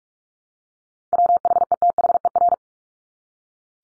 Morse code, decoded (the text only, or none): WHETHER